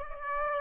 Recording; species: mosquito wingbeat signal from an infrared sensor; Aedes aegypti